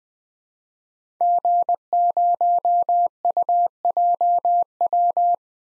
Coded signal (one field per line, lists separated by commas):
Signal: Morse code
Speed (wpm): 20 wpm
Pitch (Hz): 700 Hz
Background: none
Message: G0UJW